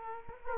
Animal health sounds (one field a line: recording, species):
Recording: mosquito wingbeat signal from an infrared sensor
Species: Culex quinquefasciatus